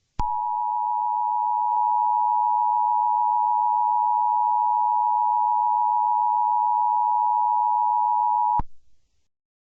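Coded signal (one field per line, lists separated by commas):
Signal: Emergency Alert System (SAME) tones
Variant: 853 and 960 Hz attention tone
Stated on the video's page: Fictional EAS scenario using valid EAS tones.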